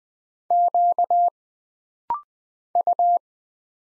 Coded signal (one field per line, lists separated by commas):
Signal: Morse code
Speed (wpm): 20 wpm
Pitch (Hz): 700 Hz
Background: none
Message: Q U